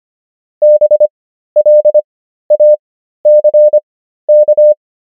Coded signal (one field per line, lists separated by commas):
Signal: Morse code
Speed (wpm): 25 wpm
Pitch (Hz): 600 Hz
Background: none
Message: BLACK